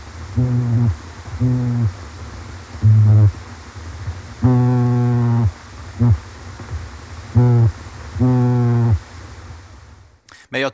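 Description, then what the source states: Sculpin sounds underwater: low, buzzy, harmonic grunts of varying length and pitch, seven bursts, over a faint background hiss. Probably made with the swim bladder; thought to serve quarrelling, territorial defence or warning; varying pitches.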